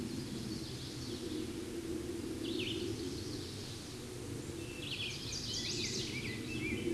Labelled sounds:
Red-eyed Vireo (Vireo olivaceus) song
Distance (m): 10 m
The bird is about 5 m above the microphone
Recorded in a Pennsylvania forest on 16 May 2024 at 08:59
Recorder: AudioMoth, point MSD-2287
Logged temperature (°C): 11.2 °C
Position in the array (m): 149 m, 26 m

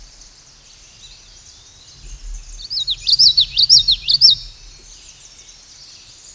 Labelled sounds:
Common Yellowthroat (Geothlypis trichas) song
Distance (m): 5 m
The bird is about level with the microphone
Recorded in a Pennsylvania forest on 16 May 2024 at 09:03
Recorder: AudioMoth, point MSD-1293
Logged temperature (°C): 12.0 °C
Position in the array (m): 56 m, 154 m

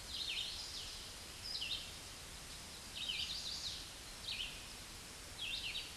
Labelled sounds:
Red-eyed Vireo (Vireo olivaceus) song
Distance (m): 35 m
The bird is about 30 m above the microphone
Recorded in a Pennsylvania forest on 16 May 2024 at 08:22
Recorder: AudioMoth, point MSD-2201
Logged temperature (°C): 15.5 °C
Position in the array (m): 178 m, 73 m

